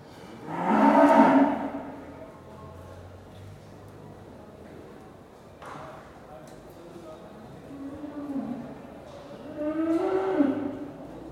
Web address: Sound Effects-BBC Cattle. cattle in pens at market with some distant conversation and lots of animal noise